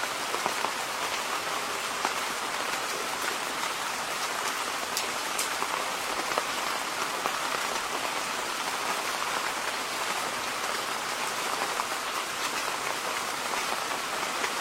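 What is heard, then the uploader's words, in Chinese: Rain falls in a bamboo grove, a dense, steady hiss of countless drops striking leaves and stalks. The sound is bright and even throughout, with occasional sharper drips popping out above the wash and little low rumble beneath. 竹林下雨声。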